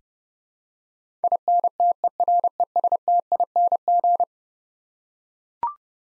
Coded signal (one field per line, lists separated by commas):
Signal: Morse code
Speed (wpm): 32 wpm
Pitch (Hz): 700 Hz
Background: none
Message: INTERESTING